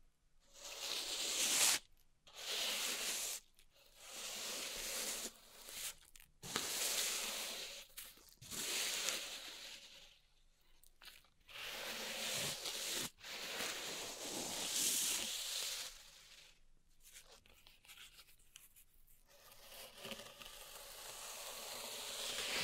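Pink salt is raked and rubbed in a zen garden, making dense, grainy scraping strokes with a bright crunchy hiss. The strokes last one to three seconds, separated by brief silent pauses. Near the end the rubbing softens into a quieter, steadier rasp.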